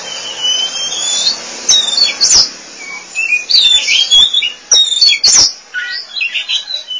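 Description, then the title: Oriental magpie-robin song, thin whistles and scratchy notes in short bursts over steady background hiss, with a few loud clicks. Chirping song (kicauan) of the bird. "Suara Kicauan Burung Kacer Durasi Panjang"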